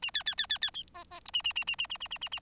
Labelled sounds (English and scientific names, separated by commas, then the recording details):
Bengalese Finch (Lonchura striata domestica) song
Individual Bird4